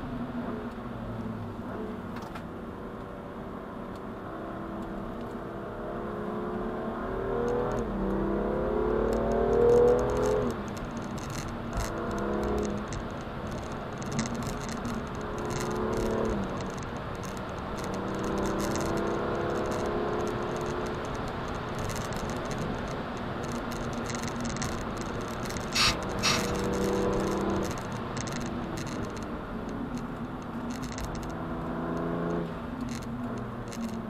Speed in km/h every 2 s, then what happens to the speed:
92, 82, 86, 112, 140, 147, 149, 160, 166, 184, 191, 176, 166, 160, 147, 119, 104.
0-4 slows to 86. 4-19 speeds up to 191. 19-34 brakes to 104.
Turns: 0-7, 26-30.